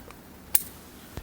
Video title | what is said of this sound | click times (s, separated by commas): Glock 81 Field Knife Review: | you'll listen for the click | 0.6 s